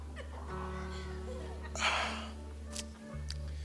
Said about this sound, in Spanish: ¿A poco no le dio ganas? A todos les da ganas de bostezar. Todos empiezan a bostezar. ¿Y por qué bosteza usted?